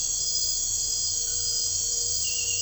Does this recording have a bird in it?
no